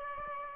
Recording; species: mosquito wingbeat signal from an infrared sensor; Aedes aegypti